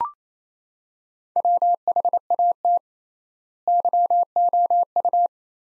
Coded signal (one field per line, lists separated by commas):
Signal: Morse code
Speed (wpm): 28 wpm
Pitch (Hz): 700 Hz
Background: none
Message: WHAT YOU